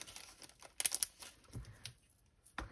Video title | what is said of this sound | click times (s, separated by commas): Kitting Down Abstract Fish DP from Easywhim | did you hear that snap that's quite satisfying | 0.8 s, 1.0 s